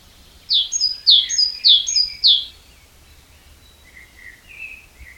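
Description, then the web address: Great tit giving four quick two-note phrases, high and sweeping downward, then a few soft, lower chirps. "SETE Parus major"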